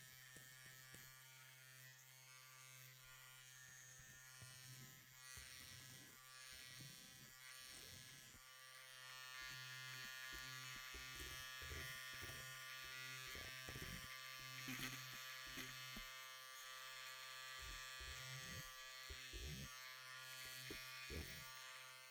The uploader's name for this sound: Barbershop Roleplay Realistic Haircut & Shave